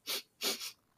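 Two quick sniffs, a simple vocal tic of Tourette syndrome, imitated by an adult woman who has the tic.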